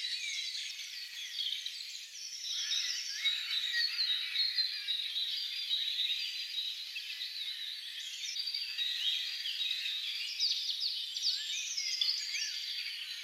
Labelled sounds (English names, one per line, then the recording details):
Eurasian Hobby
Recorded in the wild
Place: Jägerhof / Breisach am Kaiserstuhl, Baden-Württemberg, DE
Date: 1984-04-22
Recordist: Schwarz, Dieter